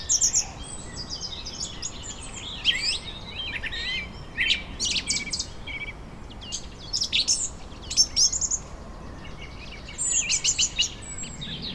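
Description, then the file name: Birds give busy high chirps and buzzy notes over a steady background hiss. Birds in a vineyard, Germany, summer evening. "tom chapman nature vineyard ambience summer evening birds occassional voice distant traffic germany"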